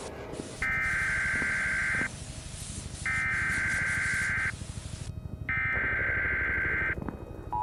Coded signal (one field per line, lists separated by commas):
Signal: Emergency Alert System (SAME) tones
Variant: header bursts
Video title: LHV WARNING | EAS SCENARIO | DEAD END SAVE FILE